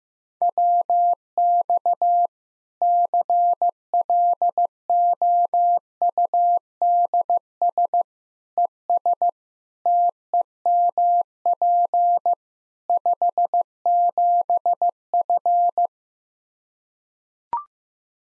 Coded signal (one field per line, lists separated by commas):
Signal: Morse code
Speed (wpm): 15 wpm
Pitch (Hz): 700 Hz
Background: none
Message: WX CLOUDS ES TEMP 57F